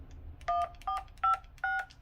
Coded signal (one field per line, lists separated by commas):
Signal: DTMF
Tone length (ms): 120 ms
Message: 145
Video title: TIDRADIO Ham or GMRS Radio?